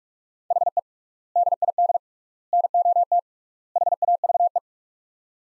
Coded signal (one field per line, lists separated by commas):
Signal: Morse code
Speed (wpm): 48 wpm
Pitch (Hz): 700 Hz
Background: none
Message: HE DID NOT HAVE